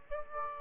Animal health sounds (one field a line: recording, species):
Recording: mosquito wingbeat signal from an infrared sensor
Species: Aedes aegypti